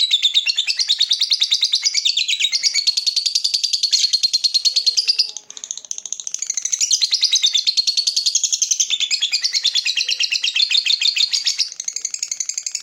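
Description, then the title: Lovebird song: continuous, rapid, high-pitched chattering and twittering, with a brief dip in the middle before resuming. Lovebird's singing style shown as very clever at baiting, prompting other birds to sing. "Dari Gayanya Lovebird Ini Terlihat Pintar Sekali Memancing"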